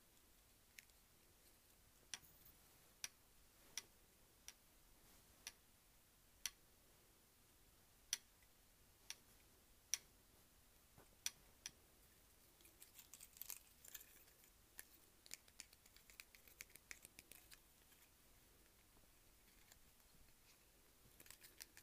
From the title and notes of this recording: ASMR: Hair Clips.